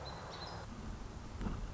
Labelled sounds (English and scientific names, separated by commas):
Song Sparrow (Melospiza melodia)